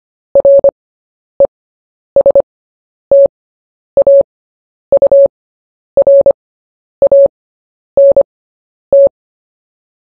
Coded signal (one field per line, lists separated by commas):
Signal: Morse code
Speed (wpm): 25 wpm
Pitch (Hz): 560 Hz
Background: none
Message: RESTAURANT